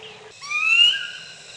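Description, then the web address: Bird call: a single drawn-out whistle sliding upward, then levelling off and fading. "Peterson North American Birds"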